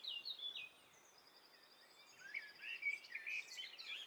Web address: Hi Fi STEREO BIRD COCKTAIL PARTY Challenge SBCP TESTSET HDBird Cocktail Party